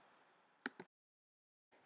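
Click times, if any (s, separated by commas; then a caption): 0.7 s. On a Yamaha 200HP four-stroke V6 outboard engine, the spring-loaded timing belt tensioner is slowly pushed back until it bottoms out, and a roughly 5 mm allen key is slid into its square hole to lock it in place. Against a low steady hiss, a sharp click at 0.7 s is followed by a weaker tap at 0.8 s, then near silence until the hiss returns. The tensioner is locked in place.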